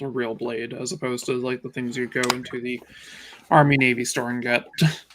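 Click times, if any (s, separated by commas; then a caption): none. A real sword blade is handled near its scabbard while someone talks, with faint metallic handling noise in the background. The blade has not yet clicked home in its sheath; nothing has seated yet.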